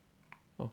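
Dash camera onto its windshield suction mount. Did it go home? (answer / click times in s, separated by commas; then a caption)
yes / 0.3 s. A Mio MiVue C570 dash camera body slides onto the protruding rail of its windshield suction-cup mount and seats with a sharp click at 0.3 s. A louder, low thud follows near 0.6 s.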